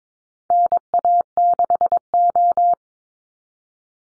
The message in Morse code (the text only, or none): NA6O